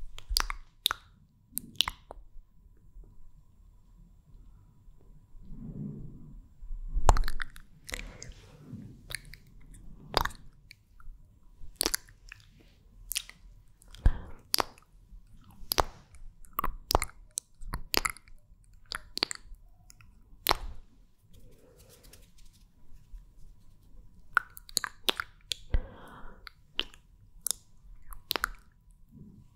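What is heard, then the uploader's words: Wet mouth sounds: sharp lip smacks and clicks pop out every second or so, with a few tight clusters around the middle. Between them come soft, squishy chewing-like movements and faint breaths. MOUTH SOUNDS and KISS SOUNDS ASMR.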